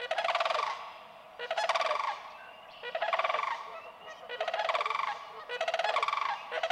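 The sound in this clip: Sandhill crane giving loud, rolling, rattled calls in five bursts, each about half a second long and repeated roughly every second and a half.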